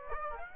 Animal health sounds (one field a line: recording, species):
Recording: mosquito wingbeat signal from an infrared sensor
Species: Aedes aegypti